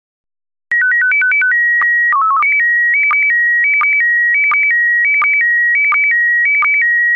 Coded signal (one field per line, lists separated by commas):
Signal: SSTV (slow-scan television)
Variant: PD 90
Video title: Slow Scan Radio, Ep. 12, October 24, 2018